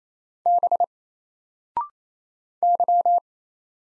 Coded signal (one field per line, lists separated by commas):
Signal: Morse code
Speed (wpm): 28 wpm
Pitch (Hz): 700 Hz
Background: none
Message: B Y